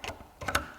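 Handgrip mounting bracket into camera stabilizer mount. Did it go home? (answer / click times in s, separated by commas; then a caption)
yes / 0.5 s, 0.6 s. A dual handgrip mounting bracket is slid onto a gimbal camera stabilizer mount in the marked direction, with a soft scrape near the start and a duller bump at 0.4 s. Its safety latch then snaps in with two sharp clicks at 0.5 s and 0.6 s, before the knob is tightened. The bracket is seated in the stabilizer mount.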